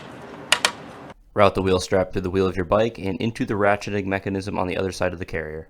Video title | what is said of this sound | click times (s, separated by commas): Yakima 8002115 HighSpeed Roof Rack Bike Carrier | arm, turn the knob on the front of the HighSpeed to tighten the clamp on the axle adapter until you hear a click. | 0.5 s, 0.6 s